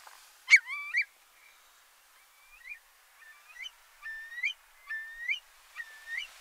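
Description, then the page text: Eurasian curlew calling: a sharp opening note, then a series of clear, rising whistled notes with bright overtones. "Eurasian Curlew Calls. Quick Sounds"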